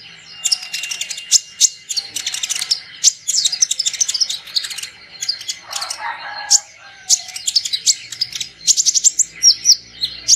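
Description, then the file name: Sunbird calls: rapid, excited high chirping in long runs, with a brief lower warbled phrase midway before fast chirps resume. Lure sound used to attract birds. "suara burung kolibri pikat"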